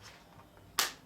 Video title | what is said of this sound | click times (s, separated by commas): YesWelder Helmet Battery Replacement Guide | hear that click click click beautiful look at that back | 0.8 s